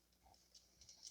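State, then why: Not seated. A fuel/vapor hose quick-disconnect connector is handled against its fitting on the engine of a 2014 Chevrolet Sonic 1.8 during diagnosis of a lean condition (P0171, System Too Lean Bank 1). Faint ticking and scraping handling noises are heard over a low hum, with small sharp taps around 0.6, 0.9 and 1.1 seconds. The connector has not clicked in or seated yet.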